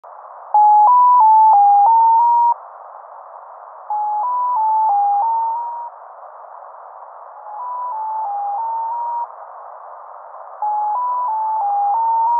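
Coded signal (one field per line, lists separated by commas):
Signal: channel marker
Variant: Mazielka (X06)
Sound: four bursts of six quick stepped tones near 1 kHz, separated by hiss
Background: radio static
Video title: Mazielka (X06) tones station identification from embassy of Russia in Prague - USB 10.214 MHz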